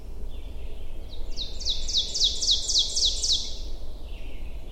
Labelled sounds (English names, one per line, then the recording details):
Ovenbird song
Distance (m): 25 m
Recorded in boreal forest in Alberta, Canada, on 22 June 2016 at 06:37
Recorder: SongMeter 3, array SBT-6-76
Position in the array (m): 165 m, 135 m
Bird 3